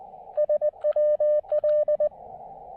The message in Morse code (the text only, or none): SWL